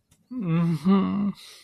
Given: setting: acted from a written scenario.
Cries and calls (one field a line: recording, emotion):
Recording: vocal sound without words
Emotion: guilt